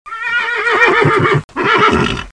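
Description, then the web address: Horse: foal whinny, a high, quavering neigh holding for over a second, then after a brief break a shorter, shaking whinny. "MOBICLIC. poulain"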